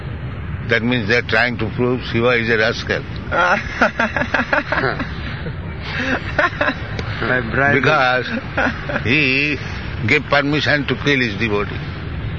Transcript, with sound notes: That means they are trying to prove Śiva is a rascal. [devotees laugh] Because he gave permission to kill his devotee.